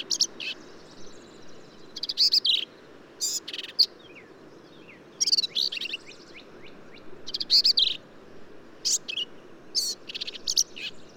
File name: Black-capped Vireo